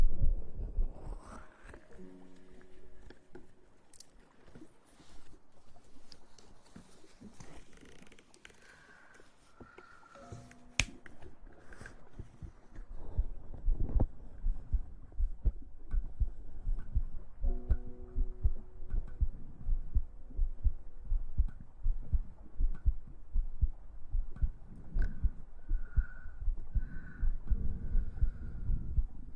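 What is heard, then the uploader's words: Ear massage water sounds: dense, irregular low rubbing and squelching thumps, with brief tonal squeaks near 2, 10, 17 and 26 seconds. TimASMR- Ear Massage Water Sounds.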